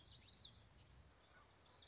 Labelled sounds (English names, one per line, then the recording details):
Common Yellowthroat
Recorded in Sonoma County, California